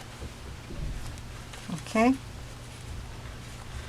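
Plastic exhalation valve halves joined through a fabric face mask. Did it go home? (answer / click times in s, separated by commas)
no / none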